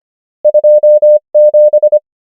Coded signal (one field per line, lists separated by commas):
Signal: Morse code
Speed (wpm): 25 wpm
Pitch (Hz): 600 Hz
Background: none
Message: 2 7